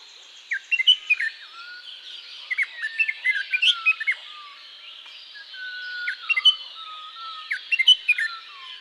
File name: Red whiskered Bulbul Pycnonotus jocosus